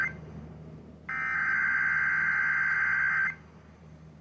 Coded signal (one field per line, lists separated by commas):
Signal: Emergency Alert System (SAME) tones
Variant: header bursts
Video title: Emergency Alert System Child Abduction Emergency 10/5/24 Murfreesboro,TN via 1510 WLAC on WSIX HD)-2